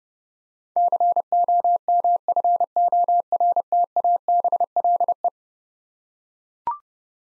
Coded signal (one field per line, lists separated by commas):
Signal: Morse code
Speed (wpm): 30 wpm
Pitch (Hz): 700 Hz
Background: none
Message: COMFORTABLE